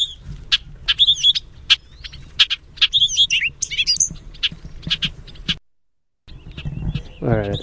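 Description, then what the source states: Bobolink with quick metallic call notes mixed with jumbled, bubbly song bursts, a brief silent gap, then a low croaking buzz at the end. Calls and song.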